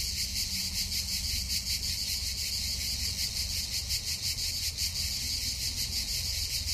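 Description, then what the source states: Cicada song, a harsh high buzz throbbing in quick regular pulses throughout, with a faint low hum underneath. Several cicadas recorded on 19 August 2007.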